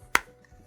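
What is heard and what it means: A fixed-blade knife is pushed into its kydex sheath and seats with a single sharp, bright click at 0.2 s (0.15 s), followed by a faint tap at 0.5 s (0.45 s). The knife is retained in the sheath with a nice click. Correction: give times to one decimal only. A fixed-blade knife is pushed into its kydex sheath and snaps in with a single sharp, bright click at 0.2 s, followed by a faint tap near 0.5 s. The knife seats and is retained in the sheath with a nice click.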